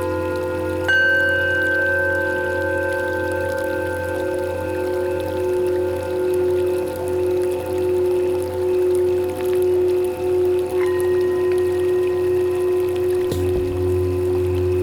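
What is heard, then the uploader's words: Singing bowls ring in long, overlapping tones with a slow wavering beat, freshly struck near the start and again around eleven and thirteen seconds. This is a recording of a set of singing bowls. The root bowl is C#, the Aum tone or Earth tone. The other bowls are harmonized with the Chakras in this scale.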